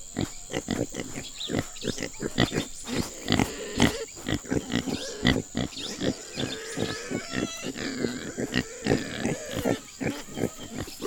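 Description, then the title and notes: Pigs grunting in rapid, uneven bursts, many short rough snorts overlapping, with a steady high whine behind. Pigs in a farmyard watching a killing, morning, Tauary village in the Amazon forest, Amazonas, Brazil. "Assassinat dans la basse-cour : chiens et cochons assistent à la scène, au premier rang. Tauary, petit village au coeur de la forêt amazonienne"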